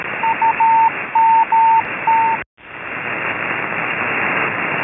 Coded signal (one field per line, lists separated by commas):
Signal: Morse code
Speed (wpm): 13 wpm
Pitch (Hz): 900 Hz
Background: none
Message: UMT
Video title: radio radio radio 10-4 good buddy